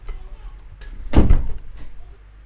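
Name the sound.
door being closed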